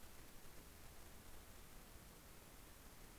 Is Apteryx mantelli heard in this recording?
no